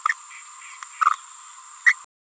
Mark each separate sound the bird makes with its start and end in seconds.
1.01-1.15, 1.87-1.93